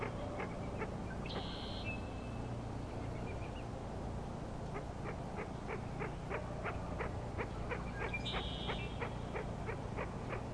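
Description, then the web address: Frog pulses start sparse, then build into a regular ticking run near three per second; two short high whistled notes stand out against low background noise. Frog chorus at Grafton Lake, recorded 3 May 2009. "The Frog Chorus Tunes Up On Grafton Lake"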